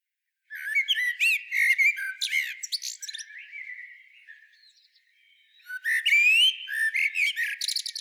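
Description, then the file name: Common blackbird singing a rich whistled phrase with thin squeaky twitters, a softer trailing passage, then another loud phrase. "Turdus merula"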